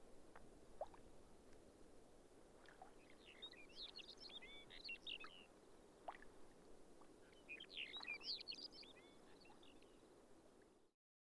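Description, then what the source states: Birds calling in two bursts of rapid, high, twittering and squeaky notes, separated by a quieter stretch, over a steady low rushing background. Two pairs calling in tundra pools.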